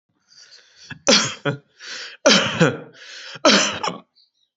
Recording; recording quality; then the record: heavy voluntary cough; moderate, slight background noise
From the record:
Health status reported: healthy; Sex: male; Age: 33 years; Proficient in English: yes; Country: India